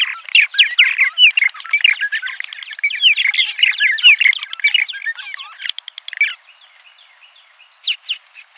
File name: progne subis